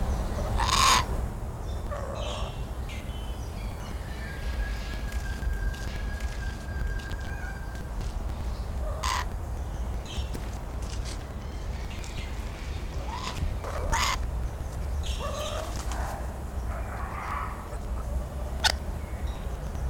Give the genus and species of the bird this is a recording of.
Dacelo leachii